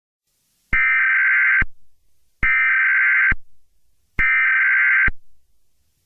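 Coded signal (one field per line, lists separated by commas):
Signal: Emergency Alert System (SAME) tones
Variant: header bursts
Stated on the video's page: Fictional EAS scenario.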